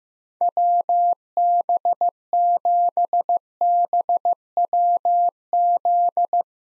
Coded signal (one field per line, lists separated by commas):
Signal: Morse code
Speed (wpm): 16 wpm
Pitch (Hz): 700 Hz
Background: none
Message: WB7BWZ